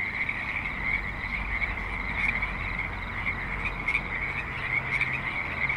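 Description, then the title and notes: Frog chorus, a continuous high buzzing trill with occasional sharper notes over a low traffic rumble. Frogs at a creek in Spanish Springs, Nevada, USA, in a suburban setting with light traffic and other suburban sounds. "Frogs in Spanish Springs, NV - creek view. Frogs with light traffic and other suburban sounds"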